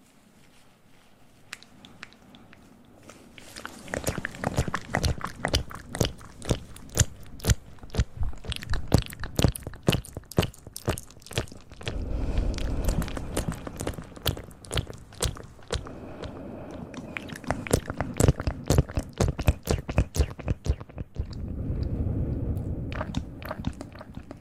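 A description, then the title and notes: ASMR mouth sounds: dense, crisp wet clicks and pops come in rapid, irregular bursts from about two seconds to nearly the end. Deeper rubbing and gripping swells surge underneath around twelve seconds and again near twenty-one, then fade out. ASMR mouth sounds + mic pumping, swirling, tapping, and gripping.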